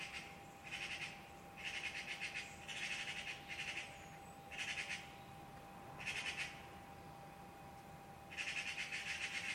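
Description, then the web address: Bird uttering a series of short, raspy, pulsed chatters at irregular intervals, ending with a longer burst, over a constant low hum. "Deverinetal 2025. Bird Only"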